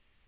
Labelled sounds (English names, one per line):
Northern Parula flight call